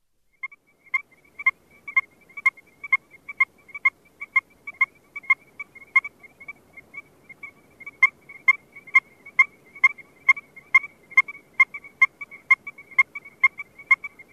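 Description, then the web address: Strecker's chorus frog calling: sharp, ringing single notes repeated steadily around twice each second, the calls briefly softening midway before resuming loudly. "Frog Calls Pseudacris streckeri - Steckers Chorus Frog"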